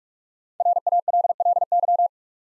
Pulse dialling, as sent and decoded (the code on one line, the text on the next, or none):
none